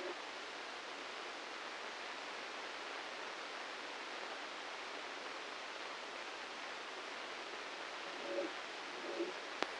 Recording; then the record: brain microelectrode recording played as sound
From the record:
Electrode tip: inside the subthalamic nucleus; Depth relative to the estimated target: 3 mm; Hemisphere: right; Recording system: NeuroSet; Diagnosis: Parkinson's disease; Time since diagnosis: 9 years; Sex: male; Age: 56 years